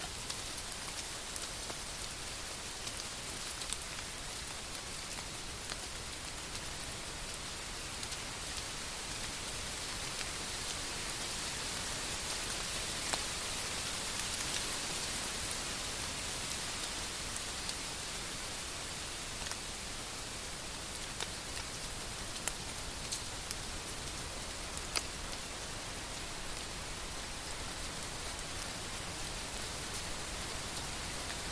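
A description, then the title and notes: Steady rain falls around a forest camp, a dense, even hiss that stays bright and constant for the whole stretch. Drops tick sharply now and then, with a few louder taps near the middle and toward the end. Peaceful rain by the forest camp.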